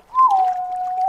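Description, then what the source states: White-bellied green pigeon whistle, one smooth note sliding down and holding steady. Hirugatake, Yamanashi Prefecture, Japan.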